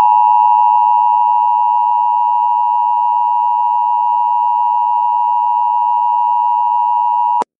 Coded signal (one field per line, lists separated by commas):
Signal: Emergency Alert System (SAME) tones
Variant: 853 and 960 Hz attention tone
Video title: The Uprising (EAS Scenario)